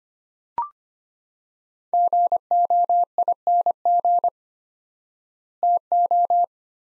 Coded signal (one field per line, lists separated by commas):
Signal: Morse code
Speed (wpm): 25 wpm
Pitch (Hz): 700 Hz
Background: none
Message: GOING TO